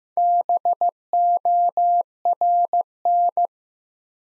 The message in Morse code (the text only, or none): BORN